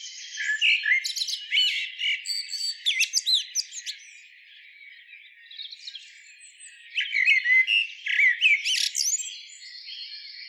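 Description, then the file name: Common blackbird giving a lively phrase of whistles and scratchy high notes, a quiet gap, then another twittering burst. "Turdus merula"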